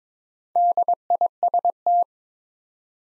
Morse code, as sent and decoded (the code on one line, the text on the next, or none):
-.. .. ... -
DIST